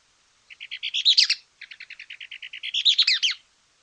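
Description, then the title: Mouse-colored tyrannulet song: a run of quick high chips speeding into a jumbled, twittering flourish, then another chip series ending in a second burst. Nominate subspecies Phaeomyias murina murina. "LuckyPassaro Completos2Sama. Mouse-colored Tyrannulet (Phaeomyias murina murina)"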